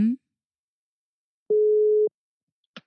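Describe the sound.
A single steady, mid-pitched telephone ringing tone sounds for about half a second while a radio show's call to a listener connects, framed by a brief voice fragment before it and a faint click afterward.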